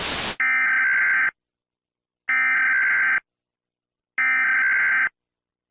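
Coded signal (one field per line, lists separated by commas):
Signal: Emergency Alert System (SAME) tones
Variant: header bursts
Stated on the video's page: Fictional simulated EAS scenario.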